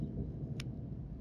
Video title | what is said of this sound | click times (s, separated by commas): Father's Day Gifts For Dads that Love Lawn Care (2021) - 11 Father's Day Gift Ideas for Under $99 | okay and then now it is locked into place and now you are connected to the hose so | 0.6 s